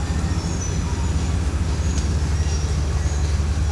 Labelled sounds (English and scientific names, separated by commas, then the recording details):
none
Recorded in pastures near Puerto Asís, Putumayo, Colombia, on 21 December 2024 at 10:30
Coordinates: 0.466, -76.322
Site G040